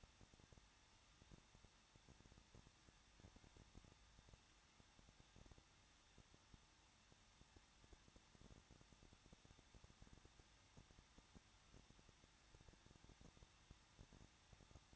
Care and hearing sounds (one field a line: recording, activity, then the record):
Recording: daily activity, microphone in the room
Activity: no activity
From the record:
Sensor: 3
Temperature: 21.2 degrees Celsius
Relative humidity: 36.3%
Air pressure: 1006.3 hPa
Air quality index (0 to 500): 222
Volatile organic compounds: 41 ppm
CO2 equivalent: 3160 ppm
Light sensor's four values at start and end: 2/3/2/2 and 2/3/2/2